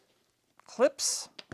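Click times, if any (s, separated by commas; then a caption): none. A power cord is handled toward the plastic cord clip on the handle of an Oreck Discover vacuum while someone talks, with faint brief ticks near 0.6 s and 1.5 s. Nothing has seated or clicked into the clip yet.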